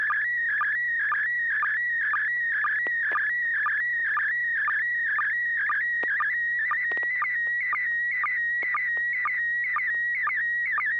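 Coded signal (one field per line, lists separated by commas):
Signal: SSTV (slow-scan television)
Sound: warbling whistle-like tone with rapid regular ticking sync blips, continuous throughout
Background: low electrical hum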